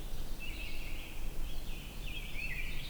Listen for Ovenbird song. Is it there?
no